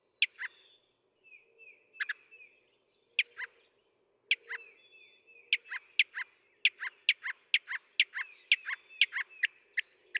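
Northern mockingbird song, scattered sharp clicks and short whistled notes, speeding into a rapid series of snappy notes toward the end.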